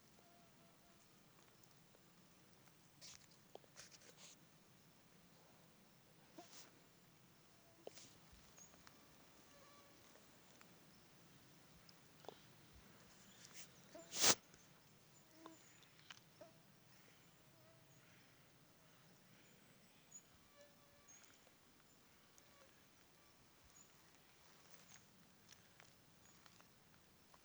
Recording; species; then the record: mosquito flight sound by mobile phone; Aedes sierrensis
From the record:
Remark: several mosquitoes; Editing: field recording with all noises